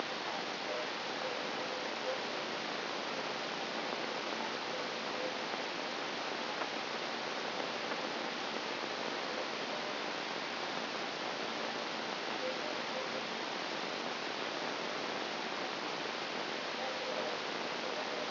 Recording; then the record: brain microelectrode recording played as sound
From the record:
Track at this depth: inside the subthalamic nucleus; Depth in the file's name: 0.757 mm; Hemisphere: right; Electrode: 3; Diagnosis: Parkinson's disease